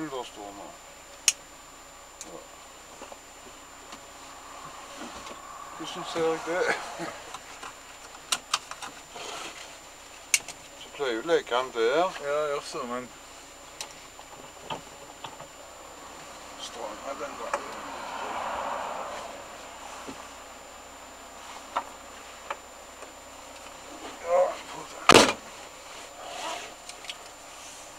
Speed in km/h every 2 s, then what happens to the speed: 0, 0, 0, 0, 0, 0, 0, 0, 0, 0, 0, 0, 0, 0.
0-28 standing.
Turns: none.